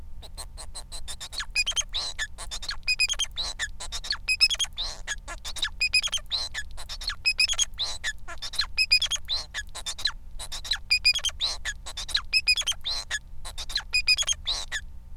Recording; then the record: song of a male Bengalese finch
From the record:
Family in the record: son of father 4